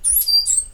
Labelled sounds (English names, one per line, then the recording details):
Stitchbird song
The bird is a male
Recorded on Tiritiri Matangi Island, New Zealand, in 2005
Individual 8, of nest box 10